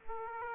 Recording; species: mosquito wingbeat signal from an infrared sensor; Aedes aegypti